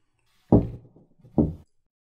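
Two soft knocks on a wooden door, evenly spaced a little under a second apart, each a dull thud with a short fading tail, then silence.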